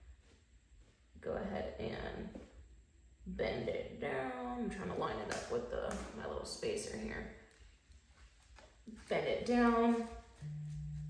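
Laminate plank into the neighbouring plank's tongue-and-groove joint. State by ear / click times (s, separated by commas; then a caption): not seated / none. A laminate floor plank is held at an angle in the neighbouring plank's tongue-and-groove joint and lined up against a spacer at the wall before being bent down to lock, while someone talks throughout. A brief sharper sound occurs at 8.9 s, but nothing has seated or clicked yet.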